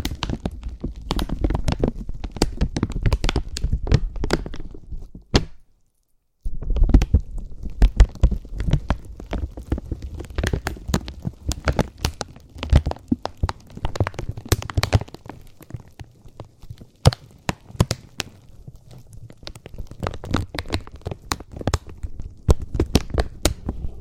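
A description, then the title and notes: Slow, gentle crinkling fills the clip with dense, irregular rustles and sharp crackles that reach into the highs, over a soft low rumble. Around five and a half seconds the sound stops for about a second of silence, then the crinkling resumes, thinning slightly later on. ASMR Slow & Gentle Crinkle Triggers. (No Talking).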